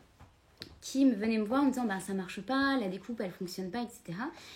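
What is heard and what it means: A cutting blade is pushed fully down into its slot in a cutting machine's blade holder, and the plastic locking latch is closed over it. A single sharp click at 0.6 s shows the blade is seated and locked. Someone then talks.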